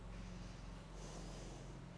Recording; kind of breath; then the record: one breath in and out by a microphone near the nose and mouth; normal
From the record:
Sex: female